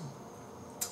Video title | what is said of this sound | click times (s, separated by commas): Thermal Night Vision Optics | simple rechargeable batteries simply just goes in locks in place to | 0.8 s